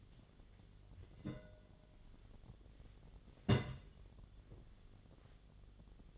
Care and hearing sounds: daily activity, microphone in the room; place on stove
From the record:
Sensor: 4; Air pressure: 1010.9 hPa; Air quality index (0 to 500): 166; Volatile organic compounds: 4 ppm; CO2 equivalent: 1698 ppm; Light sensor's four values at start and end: 41/116/46/48 and 41/116/47/48

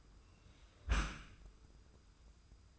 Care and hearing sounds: daily activity, microphone in the room; close dishwasher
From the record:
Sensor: 2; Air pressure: 990.3 hPa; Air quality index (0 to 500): 209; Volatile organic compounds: 1000 ppm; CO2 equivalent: 6714 ppm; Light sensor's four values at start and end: 27/64/26/26 and 27/64/26/26

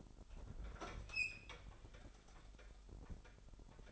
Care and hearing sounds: daily activity, microphone in the room; open fridge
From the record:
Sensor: 5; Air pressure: 988.6 hPa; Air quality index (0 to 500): 219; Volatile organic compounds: 125 ppm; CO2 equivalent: 3903 ppm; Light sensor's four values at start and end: 41/126/49/53 and 42/126/49/53

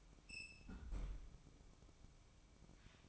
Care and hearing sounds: daily activity, microphone in the room; close fridge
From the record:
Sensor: 1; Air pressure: 1007.8 hPa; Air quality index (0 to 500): 106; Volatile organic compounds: 1 ppm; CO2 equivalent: 901 ppm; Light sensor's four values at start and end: 12/30/12/14 and 12/30/12/14

